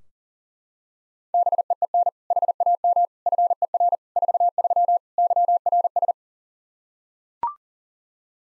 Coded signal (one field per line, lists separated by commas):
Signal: Morse code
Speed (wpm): 40 wpm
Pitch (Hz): 700 Hz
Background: none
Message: BEEN HAM FER 43 YRS